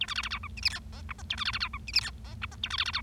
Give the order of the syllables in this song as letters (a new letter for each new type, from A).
A B C C D E F G H I J K A B C C D E F G H I J K A B C C D